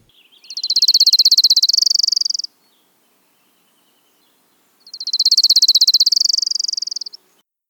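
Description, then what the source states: Orange-crowned Warbler singing two high, fast trills of about two seconds each, separated by a pause of about two seconds; each run of notes swells at the start. Lovely trill with a sassy little inflection distinguishing it from Chipping Sparrow or Dark-eyed Junco; likened to a waterfall.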